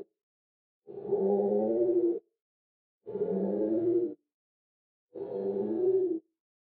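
Crow calling three long, slow, rasping caws, each more than a second, spaced about two seconds apart with silence between.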